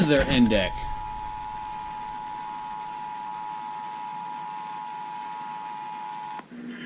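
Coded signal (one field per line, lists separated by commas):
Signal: Emergency Alert System (SAME) tones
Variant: 853 and 960 Hz attention tone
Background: speech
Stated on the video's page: Required monthly test aired on an FM broadcast station.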